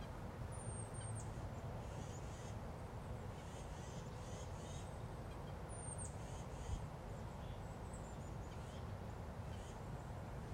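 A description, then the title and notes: A goldfinch gives thin, high chirps and short twittering calls, most clearly near the start and again around six seconds, with fainter notes near eight seconds. Underneath runs a steady, dense low rumble that never lets up, like passing traffic. A bright yellow goldfinch gets in on the action.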